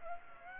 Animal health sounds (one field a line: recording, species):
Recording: mosquito wingbeat signal from an infrared sensor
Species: Culex pipiens